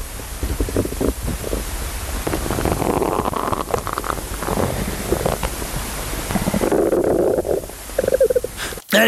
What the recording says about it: We're recording the stomach rumbles of folk singers. We're about to hear the sound of my stomach.